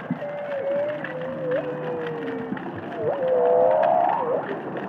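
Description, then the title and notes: Humpback whale singing, wavering moans that slide up and down with short upsweeps, the second phrase louder and rising, against steady crackling underwater noise. Underwater humpback whales singing and calling in the Indian Ocean. "Whale Song is a collection of underwater recordings of humpback whales singing and calling in the Indian Ocean."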